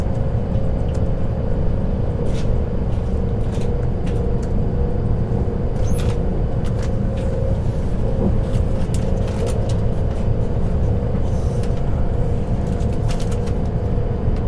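A night train ride: a steady, heavy low rumble fills the whole stretch, with a faint droning tone running just above it. Brief clicks and rattles from the wheels and carriage pop up irregularly every second or so, sharper around the middle.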